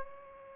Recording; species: mosquito wingbeat signal from an infrared sensor; Aedes aegypti